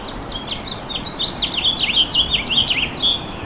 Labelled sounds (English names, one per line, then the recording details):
House Finch song
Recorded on Long Island, New York, on 10 June 2012
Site GW
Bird C